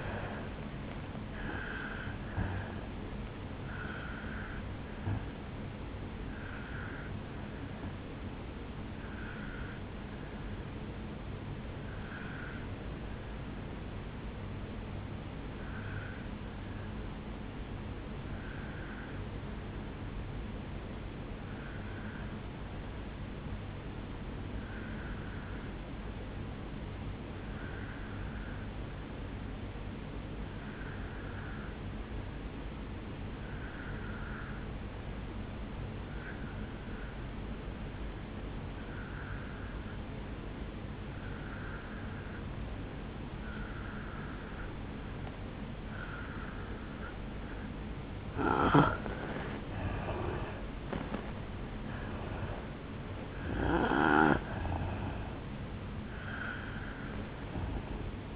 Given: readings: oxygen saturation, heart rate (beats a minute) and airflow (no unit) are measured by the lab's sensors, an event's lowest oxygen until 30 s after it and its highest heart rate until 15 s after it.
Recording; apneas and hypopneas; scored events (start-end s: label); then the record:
breathing in sleep by a voice recorder at the bedside; 1
6.00-36.00 s: new sleep stage, N1 (lightest sleep)
11.00-49.70 s: obstructive apnea (N1, oxygen 97% highest, then 84% lowest, heart rate 50 at the start, 76 highest)
36.00-58.36 s: new sleep stage, N2 (light sleep)
From the record:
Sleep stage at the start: N2 (light sleep); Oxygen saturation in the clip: 81 to 97%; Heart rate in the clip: 50 to 81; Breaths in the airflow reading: 5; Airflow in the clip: -12.6 to 9.7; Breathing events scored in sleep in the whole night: 449 in 7.0 hours asleep